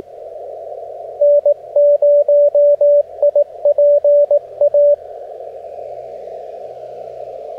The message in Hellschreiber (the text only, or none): none